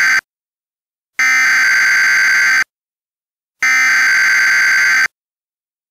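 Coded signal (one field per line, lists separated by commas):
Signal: Emergency Alert System (SAME) tones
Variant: header bursts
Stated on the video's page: Mock EAS alert remaster with an improved text-to-speech message.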